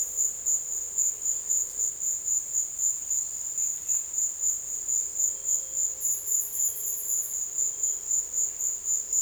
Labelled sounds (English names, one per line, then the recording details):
none
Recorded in dense forest near Puerto Asís, Putumayo, Colombia, on 23 June 2025 at 16:00
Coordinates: 0.484, -76.325
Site H65